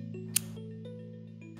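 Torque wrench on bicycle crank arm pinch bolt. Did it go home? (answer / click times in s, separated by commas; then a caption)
yes / 0.4 s. A torque wrench set to 12 Nm tightens a bicycle crank arm pinch bolt, with the bolts on each side tightened a little at a time. Over steady background music, the wrench gives one sharp click at 0.4 s, showing it has reached its torque setting.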